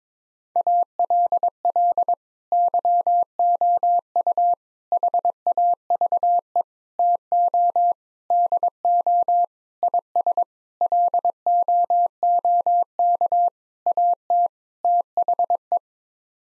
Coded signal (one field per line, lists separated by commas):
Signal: Morse code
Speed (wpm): 22 wpm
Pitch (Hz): 700 Hz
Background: none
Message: ALL YOU HAVE TO DO IS LOOK AT THE